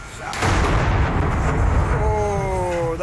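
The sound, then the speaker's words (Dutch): Gas cylinders on a balcony explode after a fire: a sudden loud explosion booms out and leaves a long, rumbling roar of noise, with faint voices and a rising, steady tone coming through near the end. “Die paniek kwam niet zozeer door de brand, maar door de ontploffing daarna van gasflessen op een balkon.”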